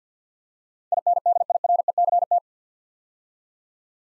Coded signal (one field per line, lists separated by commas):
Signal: Morse code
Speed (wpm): 53 wpm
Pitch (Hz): 700 Hz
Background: none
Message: INDIRECT